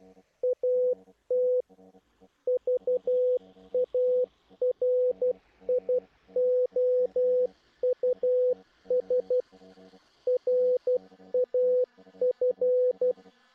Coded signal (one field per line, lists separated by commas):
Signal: Morse code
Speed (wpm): 12 wpm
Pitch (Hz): 500 Hz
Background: radio noise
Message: AT VARIOUS RAF